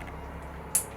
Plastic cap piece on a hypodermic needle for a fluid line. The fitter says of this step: twist it off until you hear a click sound now our needle is pretty exposed